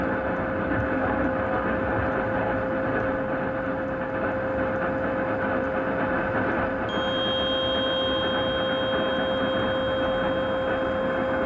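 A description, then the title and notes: Radio frequency interference on 1620 AM: a steady, dense rush of static with a fixed whining tone running straight through. Faint ticks dot the upper hiss, and near the seven-second mark a set of thin high whistles joins and holds to the end. RF Radio Frequency Interference 1620AM.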